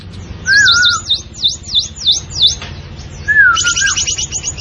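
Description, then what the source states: Asian pied starling singing a row of sharp, high V-shaped whistles with two lower slurred whistles, ending in a rapid high trill. Singing actively (gacor).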